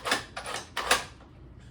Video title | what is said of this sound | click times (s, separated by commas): The Steyr STG77 aka AUG A1!! | Lock the charging handle back into place. | 0.9 s